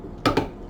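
A lamp socket shell is squeezed onto its socket cap to click in its second side, giving a sharp snap at 0.3 s and a weaker second snap about a tenth of a second later. The shell is now fully seated.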